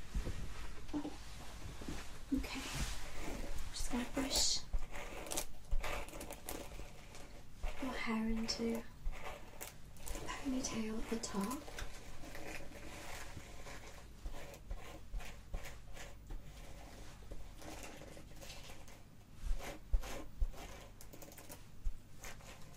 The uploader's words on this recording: ASMR Hair Salon Experience Colour Cut & Styling Layered Sounds.